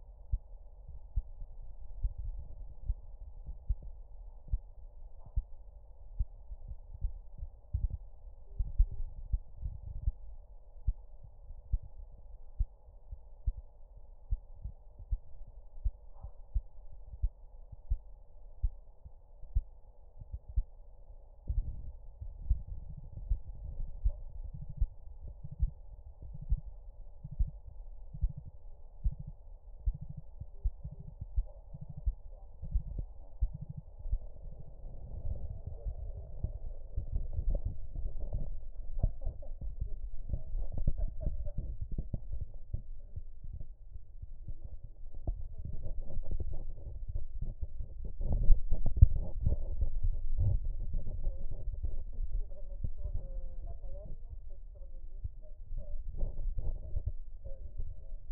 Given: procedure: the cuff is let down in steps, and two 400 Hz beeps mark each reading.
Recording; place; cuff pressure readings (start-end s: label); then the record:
Korotkoff sounds by stethoscope; brachial artery, at the lower edge of an arm cuff
8.47-9.00 s: 100 mmHg
30.54-31.07 s: 90 mmHg
From the record:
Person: healthy adult, 24 to 32 years, lying on the back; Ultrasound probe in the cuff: distal